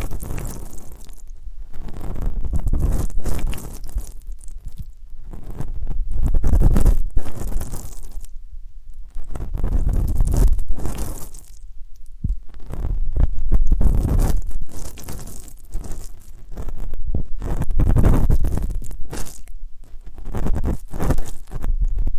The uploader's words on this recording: ASMR 3D Deep Ear Canal & Eardrum Cleaning (No Talking).